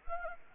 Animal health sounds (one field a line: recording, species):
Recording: mosquito wingbeat signal from an infrared sensor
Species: Anopheles arabiensis